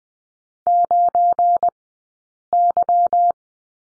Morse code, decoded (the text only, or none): 9Y